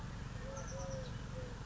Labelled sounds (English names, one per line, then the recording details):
Eurasian Collared Dove
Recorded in Sonoma County, California